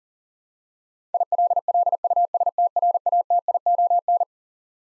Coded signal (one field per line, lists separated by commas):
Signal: Morse code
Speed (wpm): 40 wpm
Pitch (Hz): 700 Hz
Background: none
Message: ILLUSTRATION